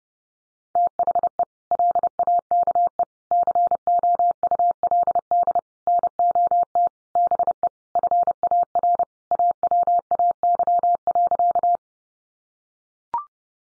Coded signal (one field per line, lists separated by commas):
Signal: Morse code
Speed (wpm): 30 wpm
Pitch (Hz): 700 Hz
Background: none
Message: THE LAKE COULD NOT BE FAR AWAY.